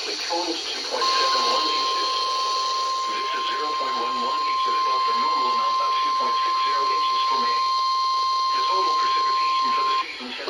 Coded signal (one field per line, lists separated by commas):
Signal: Emergency Alert System (SAME) tones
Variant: 1050 Hz attention tone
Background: speech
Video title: CRAPPY TIMING - KIH63 Required Weekly Test - 11 AM (EAS #267)